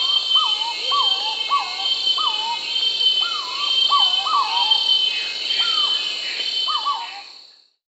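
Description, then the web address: Purple-throated fruitcrow calls: mellow whistled notes that rise then dip, overlapping in a loose repeated series, over a steady high drone. Recorded in South America. "Natures Songs S America Purple-throated Fruitcrow"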